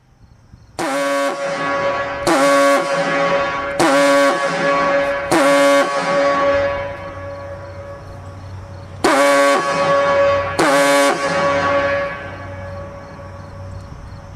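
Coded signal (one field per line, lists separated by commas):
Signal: coded fire alarm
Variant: Gamewell diaphone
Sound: deep loud diaphone horn blasts: four, a pause, then two, with echo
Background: outdoor echo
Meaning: Alerts the fire brigade to a fire alarm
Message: 4-2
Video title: Siren signal "FIRE" (USA 🇺🇸) | Gamewell Diaphone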